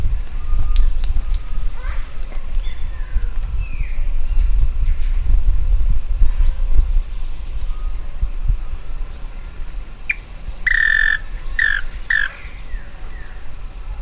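Bird calls, a cluster of harsh squawking notes late after a stretch of low rumbling background noise.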